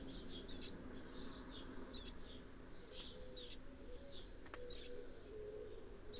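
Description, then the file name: Eurasian wren: five crisp, high, sharp call notes spaced about every one and a half seconds, with quiet low background sounds. "Troglodytes troglodytes"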